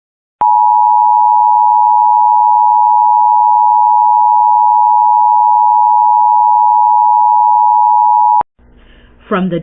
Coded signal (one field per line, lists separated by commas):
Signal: Emergency Alert System (SAME) tones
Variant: 853 and 960 Hz attention tone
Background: speech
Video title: Nebraska, Missouri and Georgia Tests (EAS #336-349) 4/16/24